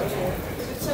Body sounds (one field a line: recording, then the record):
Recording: background sound without coughing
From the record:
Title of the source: 40 min - Ambience sounds UNIVERSITY lunchroom chatting